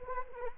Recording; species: mosquito wingbeat signal from an infrared sensor; Anopheles arabiensis